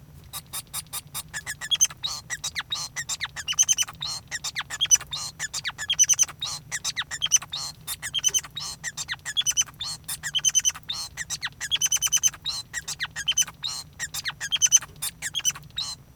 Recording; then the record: song of a male Bengalese finch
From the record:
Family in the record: son of father 5